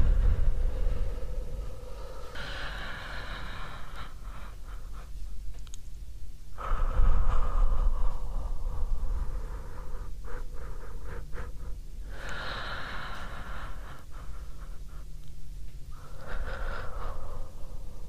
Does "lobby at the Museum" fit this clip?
no